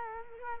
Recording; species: mosquito wingbeat signal from an infrared sensor; Culex quinquefasciatus